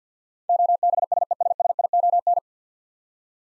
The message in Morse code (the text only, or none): OBSESSION